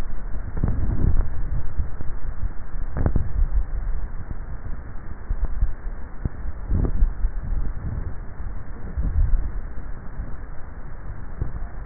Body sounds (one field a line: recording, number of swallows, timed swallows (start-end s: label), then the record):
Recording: swallowing sounds by neck microphone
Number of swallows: 2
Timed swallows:
3.02-4.02 s: swallow
6.92-7.65 s: swallow
From the record:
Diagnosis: dysphagia